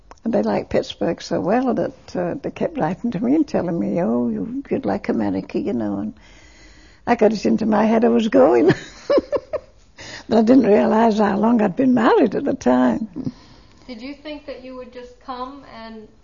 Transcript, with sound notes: And they liked Pittsburgh so well that, uh, they kept writing to me and telling me, "Oh, you'd like America," you know, and I got into my head, "Oh, I was going." (She laughs.) But I didn't realize how long I'd been married at the time.
Did you think that you would just come and